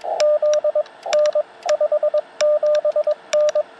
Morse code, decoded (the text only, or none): Z N 57N